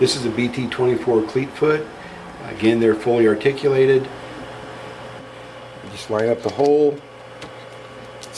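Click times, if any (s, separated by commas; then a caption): 8.2 s. Someone talks while a fully articulated BT24 cleat foot is lined up with the hole in an Atlas bipod leg and pushed in. A short sharp sound comes at 7.4 s, then at 8.2 s the ball detent clicks and holds the foot, seating it in the leg.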